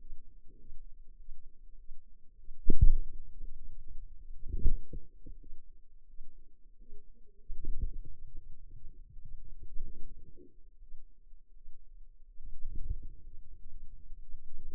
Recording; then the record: forearm muscle sounds (acoustic myography)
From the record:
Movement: wrist flexion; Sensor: system 2, bracelet of six BSWA MPA416 microphones around the upper forearm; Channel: 2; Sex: female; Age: 23 years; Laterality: right